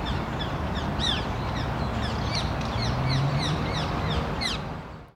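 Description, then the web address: Parakeet calls: several harsh, slurred screeches over a steady low rumble of background noise. Parakeets in a park. "Ian Hubball Park Parakeets"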